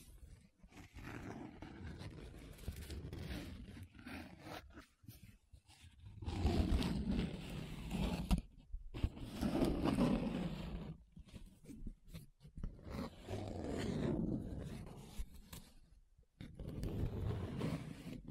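Paper being rubbed and scratched in uneven strokes, each a rough, grainy swish lasting one to three seconds. The louder passages around 6–10 and 13–16 seconds turn gritty and low, almost growling, with short silent gaps between strokes.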